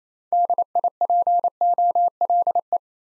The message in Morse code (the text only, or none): DIPOLE